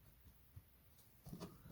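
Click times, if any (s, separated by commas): none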